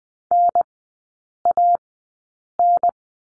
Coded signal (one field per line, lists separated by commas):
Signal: Morse code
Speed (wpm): 20 wpm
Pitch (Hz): 700 Hz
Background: none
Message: NAN